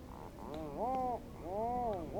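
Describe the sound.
Rhinoceros auklet utters arching, mooing groans with a few faint high ticks.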